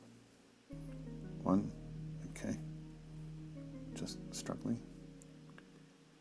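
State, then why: Not seated. A crown on a Pulsar VD53-X045 quartz chronograph watch is being pulled outward toward the movement's second setting detent to reset the hands. Someone talks over a steady tonal hum, with a few faint, sharp ticks near the end. The crown has not yet clicked into its second position.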